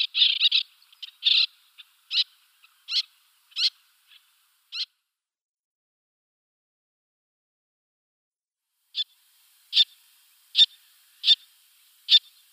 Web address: Schulze Peter Little Tern